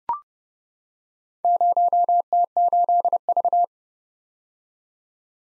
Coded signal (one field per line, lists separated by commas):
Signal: Morse code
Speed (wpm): 30 wpm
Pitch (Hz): 700 Hz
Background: none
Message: 0T8V